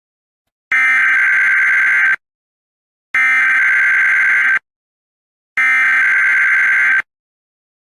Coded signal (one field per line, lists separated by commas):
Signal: Emergency Alert System (SAME) tones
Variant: header bursts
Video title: (EAS Scenario) Standard Test of the Emergency Alert System